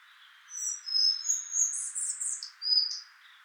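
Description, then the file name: Collared flycatcher singing a short, high, thin phrase of squeaky whistles and a brief scratchy flourish over steady background hiss. "Ficedula albicollis"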